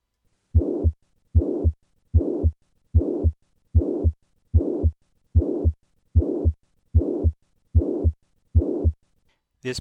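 Regular simulated heartbeat at about 75 a minute, with a steady blowing murmur filling the whole gap between the first and second heart sounds. A pansystolic regurgitant murmur, from backflow out of a high-pressure chamber into a low-pressure one; loudest at the cardiac apex, it points to mitral regurgitation.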